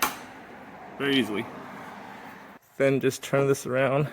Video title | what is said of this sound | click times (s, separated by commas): Hyundai Elantra Touring Rear Hatch Suspension Struts Replacement | And this just snaps into place like this | 0.0 s